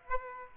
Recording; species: mosquito wingbeat signal from an infrared sensor; Aedes aegypti